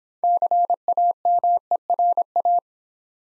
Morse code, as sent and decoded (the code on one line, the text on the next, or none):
-.-. .- -- . .-. .-
CAMERA